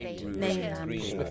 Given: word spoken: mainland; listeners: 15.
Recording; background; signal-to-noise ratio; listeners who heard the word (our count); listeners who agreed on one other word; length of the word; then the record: one English word in noise, from a listening test; four-talker babble; 0.8 dB; 2 of 15; 8 of 15; 0.91 s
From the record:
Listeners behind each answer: 8, 3, 2, 1, 1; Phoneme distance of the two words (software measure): 48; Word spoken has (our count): 2 syllables, 7 phonemes, stress on syllable 1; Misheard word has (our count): 1 syllable, 3 phonemes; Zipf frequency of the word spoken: 3.91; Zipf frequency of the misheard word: 5.61